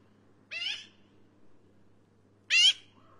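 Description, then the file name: Black-billed Magpie uttering two rasping, nasal calls two seconds apart over a faint low hum. "canto do Pica hudsonia"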